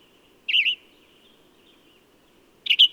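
Bird song of two brief wavering chirps about two seconds apart over a quiet low hum.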